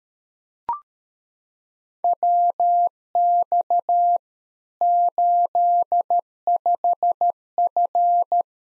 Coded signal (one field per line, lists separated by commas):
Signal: Morse code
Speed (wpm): 13 wpm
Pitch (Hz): 700 Hz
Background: none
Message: WX 85F